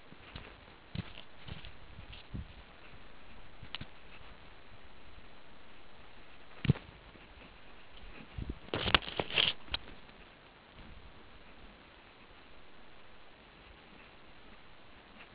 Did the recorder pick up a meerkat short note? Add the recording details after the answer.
no. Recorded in the Kuruman River Reserve, South Africa. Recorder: an audio tag on a meerkat's collar